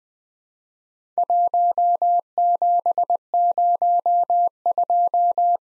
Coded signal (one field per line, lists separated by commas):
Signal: Morse code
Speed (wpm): 20 wpm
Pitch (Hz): 700 Hz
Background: none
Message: 1702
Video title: Worked All Europe DX Contest QTC Exchange 20wpm